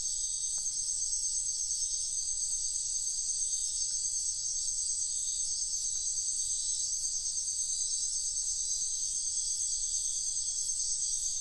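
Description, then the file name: Cricket chorus, a continuous shrill trilling layered in several pitches, throbbing gently and evenly throughout, with faint low background rumble. Crickets calling at night in a wetland in Sian Ka'an Biosphere Reserve. "felix blume nature ambience wetland night frogs crickets insects sian kaan biosphere reserve"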